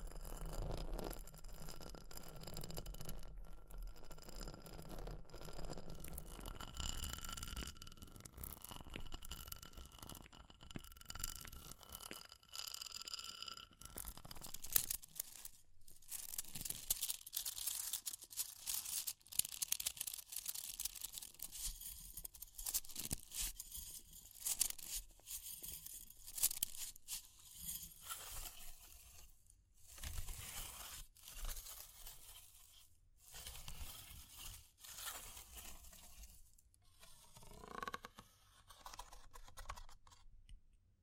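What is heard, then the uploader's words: Fire crackles with dense, irregular snaps and pops throughout, brightest and busiest after about 15 seconds. The first stretch carries steady tones and a low rumble under softer crackle, then gives way to sharper, scattered cracks with brief quiet gaps near 30 and 38 seconds. Fire Crackling, Tapping, Scratching.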